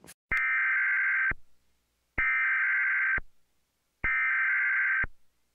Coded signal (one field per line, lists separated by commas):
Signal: Emergency Alert System (SAME) tones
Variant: header bursts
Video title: Thunderstorm Part 1 Redux (EAS Scenario)